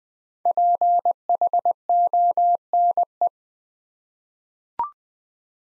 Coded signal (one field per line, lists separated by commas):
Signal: Morse code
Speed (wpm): 20 wpm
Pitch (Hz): 700 Hz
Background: none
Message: PHONE